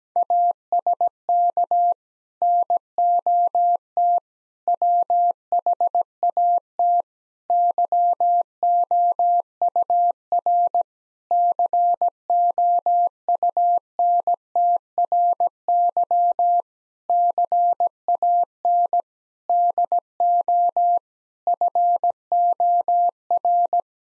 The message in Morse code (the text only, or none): ASK NOT WHAT YOUR COUNTRY CAN DO FOR